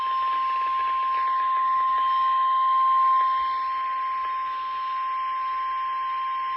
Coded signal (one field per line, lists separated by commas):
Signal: Emergency Alert System (SAME) tones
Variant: 1050 Hz attention tone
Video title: SVR | EAS #926